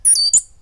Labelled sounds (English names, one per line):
Stitchbird song